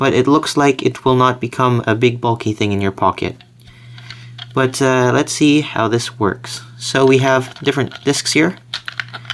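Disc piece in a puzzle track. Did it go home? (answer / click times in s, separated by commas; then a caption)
no / none. Someone talks while handling a plastic disc piece of a Towers of Hanoi disk puzzle, sliding it along the puzzle's track toward its detent, with a few faint handling ticks under the speech. Nothing has seated or clicked into place yet.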